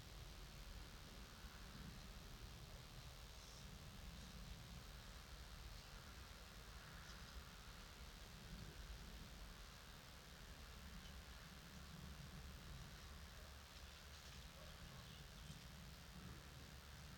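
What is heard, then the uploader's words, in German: An evening recorded with a dummy head in a clay pit: a steady, dense hiss and low rumble fill the whole stretch without letting up. Faint, brief higher chirps or calls surface now and then, around the sixth, seventh and fifteenth seconds. Eine Kunstkopfaufnahme eines Abends in der Lehmgrube.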